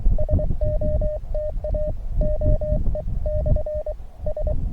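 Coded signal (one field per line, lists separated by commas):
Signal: Morse code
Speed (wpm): 23 wpm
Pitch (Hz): 590 Hz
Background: radio noise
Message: SOTA OE/S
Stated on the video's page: Morse from a SOTA summit activation of a 2543 m Austrian peak, only its second activation, during a hike-and-fly paragliding trip.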